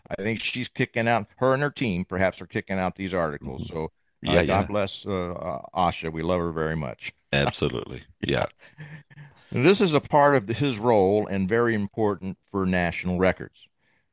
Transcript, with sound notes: I think she's kicking out, her and her team, perhaps, are kicking out these articles.
Mm-hmm.
So-
Yeah, yeah.
... uh, God bless, uh, uh, Asha. We love her very much.
Absolutely.
(laughs)
Yeah.
"This is a part of his role and very important for national records.